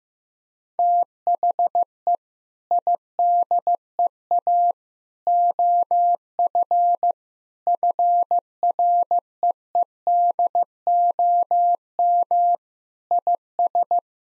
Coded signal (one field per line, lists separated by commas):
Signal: Morse code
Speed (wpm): 15 wpm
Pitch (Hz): 700 Hz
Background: none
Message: THE IDEA OF FREEDOM IS